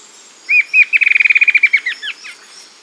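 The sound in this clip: Bird giving a quick trilled phrase: a couple of separate chirps lead into a rapid even series of notes, ending in a few slower, downslurred notes.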